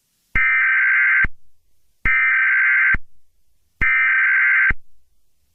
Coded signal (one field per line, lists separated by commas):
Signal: Emergency Alert System (SAME) tones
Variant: header bursts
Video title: EAS Scenario #12: Scorpius Rex Rampage